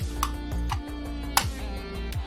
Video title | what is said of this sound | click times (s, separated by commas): Battletech/Dougram - Unseen Griffin/Soltic Roundfacers - 09 27 2020 | and listen to that click this is the part that i'm really excited well not this is one of the two parts i'm going to show you i'm really excited about | 1.4 s